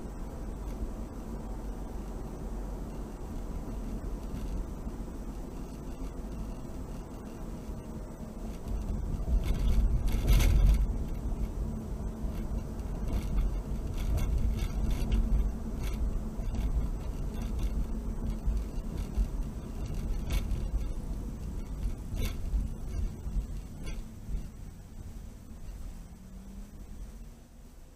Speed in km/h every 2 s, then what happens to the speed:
58, 53, 50, 45, 44, 44, 45, 47, 45, 44, 35, 24, 11, 6.
0-7 slows to 44. 7-14 steady at about 44. 14-28 slows to 6.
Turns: none.